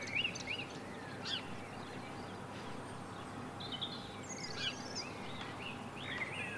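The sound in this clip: Bird chirps come in scattered bursts, with short high twitters and whistles against a steady broad background hiss.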